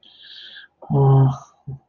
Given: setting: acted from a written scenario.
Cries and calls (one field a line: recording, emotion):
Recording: vocal sound without words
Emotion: sympathy